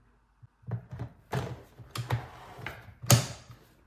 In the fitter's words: once you hear that click you know it is ready to go